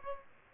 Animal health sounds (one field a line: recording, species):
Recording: mosquito wingbeat signal from an infrared sensor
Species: Aedes aegypti